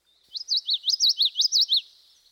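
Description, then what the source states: Common Yellowthroat song: rolling, connected high phrases of about three notes each, repeated rapidly in a steady series for over a second, clean background. Classic song rendered witchity, witchity, witchity; notes normally connected, giving a rolling quality.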